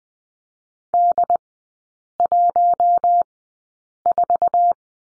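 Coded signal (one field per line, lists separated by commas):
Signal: Morse code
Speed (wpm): 20 wpm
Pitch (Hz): 700 Hz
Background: none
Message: D14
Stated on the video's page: Morse course lesson on the letter D, three-character groups at Farnsworth 20/10 wpm.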